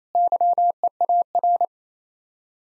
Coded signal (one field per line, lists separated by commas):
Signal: Morse code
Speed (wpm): 33 wpm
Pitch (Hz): 700 Hz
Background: none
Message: YEAR